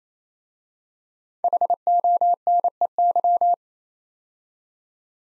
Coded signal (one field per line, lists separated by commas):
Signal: Morse code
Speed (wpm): 27 wpm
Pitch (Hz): 700 Hz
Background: none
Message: HONEY